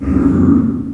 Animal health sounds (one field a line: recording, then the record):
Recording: squeal of a Yucatan mini pig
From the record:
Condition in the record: after surgery on the right vocal fold (resection and tissue-engineered implant)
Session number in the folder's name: 11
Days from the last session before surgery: 98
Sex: female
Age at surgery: 19 weeks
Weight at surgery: 25 kg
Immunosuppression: prednisolone